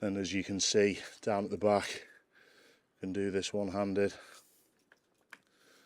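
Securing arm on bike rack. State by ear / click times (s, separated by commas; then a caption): seated / 4.9 s, 5.3 s. Someone talks while the plastic securing arms on a bike rack are turned one-handed and locked into place. After the talking, two short, sharp clicks are heard at 4.9 s and 5.3 s as the arms lock into their secured position.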